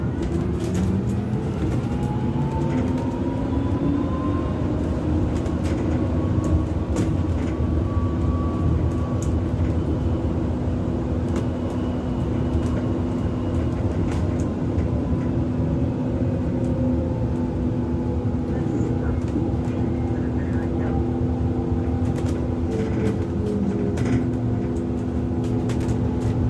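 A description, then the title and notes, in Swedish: A bus ride, with a steady low engine drone and rumble that holds even throughout. Tones rise and fall slowly as the engine works, and brief clicks and rattles appear now and then. A faint voice seems to come through at times. Åka Buss.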